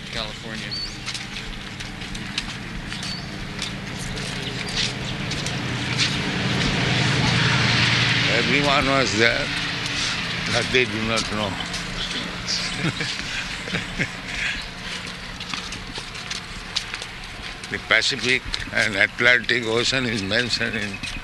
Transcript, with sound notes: In California.
Everyone was there, but they do not know. [chuckles] The Pacific and Atlantic ocean is mentioned in